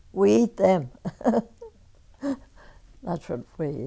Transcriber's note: she laughs